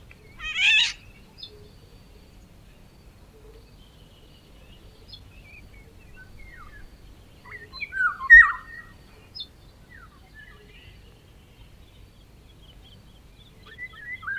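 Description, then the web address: Oriole with a harsh call early on and short fluted whistles later, separated by quiet gaps, with faint background chirps. Song and calls (gritos, screams). "vozes dos passaros oriole canto e gritos"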